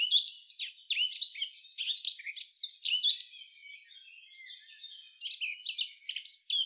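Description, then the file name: Eurasian blackcap singing a continuous rich warble of sweeping, fluty and scratchy notes, briefly softer in the middle before strengthening again. "Sylvia atricapilla"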